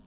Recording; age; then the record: pig call; piglet (1 to 25 days)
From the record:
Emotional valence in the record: positive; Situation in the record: reunion after long isolation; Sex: male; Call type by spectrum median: low-frequency call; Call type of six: low-frequency tonal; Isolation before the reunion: 8 minutes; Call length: 0.07 s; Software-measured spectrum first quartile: 127 Hz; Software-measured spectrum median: 258 Hz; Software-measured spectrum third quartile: 933 Hz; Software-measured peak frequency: 195 Hz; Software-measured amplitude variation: 24 dB a second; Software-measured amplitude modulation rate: 7.5 a second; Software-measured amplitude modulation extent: 3.3 dB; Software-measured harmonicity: 3.5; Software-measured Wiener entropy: -0.91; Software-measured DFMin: 962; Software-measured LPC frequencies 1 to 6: 2978, 3480, 4482, 5177, 6083, 6901 Hz